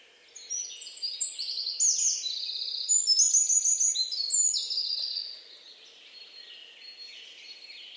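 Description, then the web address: Bird giving a rapid, high, chirping song of short bright notes, strongest in the first five seconds, then softer twitters. "Deverinetal 2025 File origin Bird Only"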